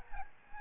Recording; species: mosquito wingbeat signal from an infrared sensor; Aedes albopictus